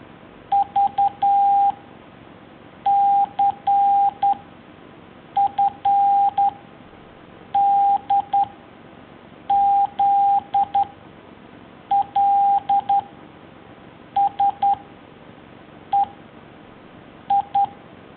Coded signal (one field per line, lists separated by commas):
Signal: Morse code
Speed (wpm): 11 wpm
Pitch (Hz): 800 Hz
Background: none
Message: V C F D Z L S E I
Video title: Alphabet and numbers in Morse Code by iz5ovp